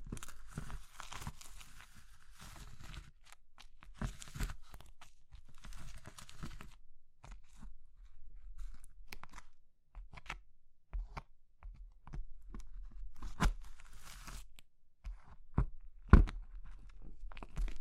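Soft crumbly material is crushed and pressed, giving dense bursts of crunching and crackling through the first seven seconds. After that the crunches come as scattered, sharper snaps with short pauses between them, including one loud crack near sixteen seconds.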